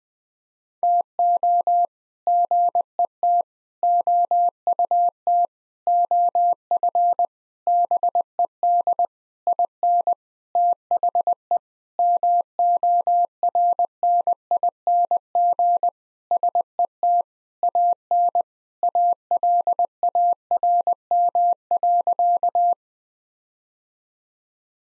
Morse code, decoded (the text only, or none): TO GET OUT OF BED IN THE MORNING SET AN ALARM.